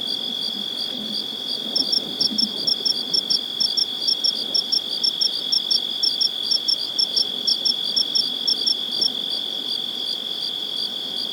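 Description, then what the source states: Insects in a steady high-pitched chorus, one continuous whine with fainter pulsed chirps repeating rapidly above it. Recorded in Joshua Tree National Park.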